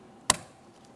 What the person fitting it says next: Audible click from that.